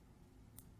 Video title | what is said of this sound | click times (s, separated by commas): World of Watches TV Show: 10/10/2015 8 am to 10/12/2015 12 am | once it's locked into place again | 0.6 s